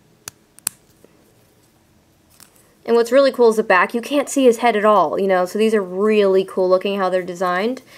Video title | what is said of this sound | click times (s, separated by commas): Takara Transformers Masterpiece MP-15 Rumble & Jaguar Reviews | you can actually just click it and it's cool cuz you can hear it clicking which I love cuz then you know it's all good and it's all done | 0.3 s, 0.6 s, 0.7 s